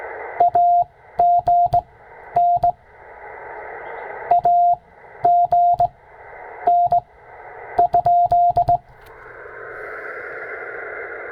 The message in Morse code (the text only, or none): AGN AGN ?